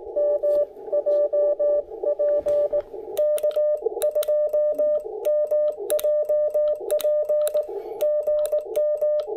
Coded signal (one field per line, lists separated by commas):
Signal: Morse code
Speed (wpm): 18 wpm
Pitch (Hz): 600 Hz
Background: music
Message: MJP K2MJP GM